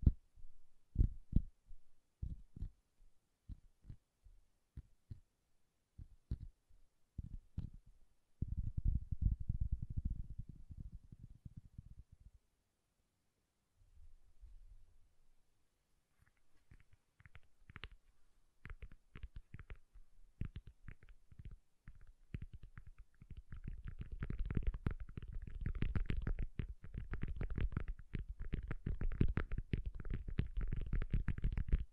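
Soft, bassy tapping in uneven bursts, sparse thuds at first, a low rumbling stretch near ten seconds, then denser, brighter tapping building to the end.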